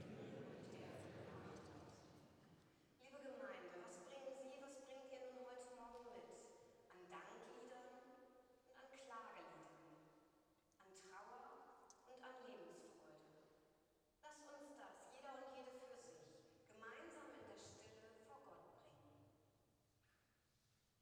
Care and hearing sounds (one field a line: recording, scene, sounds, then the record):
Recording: everyday scene through a hearing-aid microphone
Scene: reverberant space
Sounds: speech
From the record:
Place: church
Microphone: in the ear canal, right